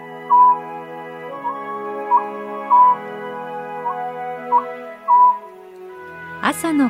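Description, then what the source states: Oriental scops owl giving whistled three-note phrases, short-short-long, over a steady tonal musical drone; a sudden loud sound at the end. Recorded at Nikko, Tochigi Prefecture, Japan.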